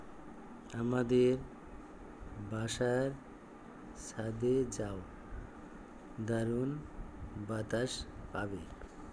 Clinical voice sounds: elicited speech; Bengali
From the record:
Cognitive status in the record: dementia

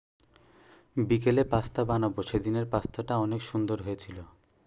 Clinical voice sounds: elicited speech; Bengali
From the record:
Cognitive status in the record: cognitively healthy

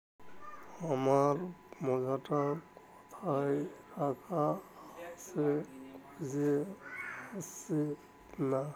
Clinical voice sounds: elicited speech; Bengali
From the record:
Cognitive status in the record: dementia

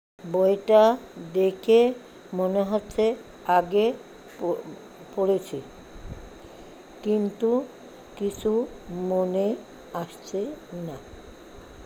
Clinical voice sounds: elicited speech; Bengali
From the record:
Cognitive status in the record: dementia

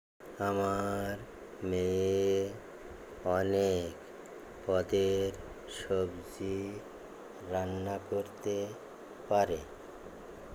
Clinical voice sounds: elicited speech; Bengali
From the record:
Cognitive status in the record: dementia

